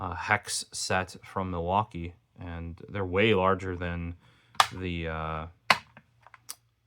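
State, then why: Seated. Hex driver bits from a Milwaukee set are pushed into the plastic bit-holder clips of a tool case while someone talks. Sharp snaps ring out at 5.7 and 6.5 seconds, with a few fainter clicks between them, as the bits seat in the holder.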